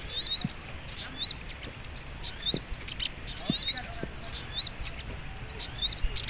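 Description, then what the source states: Little Spiderhunter song of piercing high chirps with sharp clicks and short slurred notes, repeated in quick succession. Training (masteran) recording in the Labaik style.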